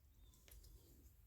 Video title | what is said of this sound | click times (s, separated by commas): Mechanical Skull Studio Sirius Review | things that go out, and then when these click into place, | 0.5 s